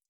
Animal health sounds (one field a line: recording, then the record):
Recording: hydrophone in a shrimp aquaculture tank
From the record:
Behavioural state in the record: feeding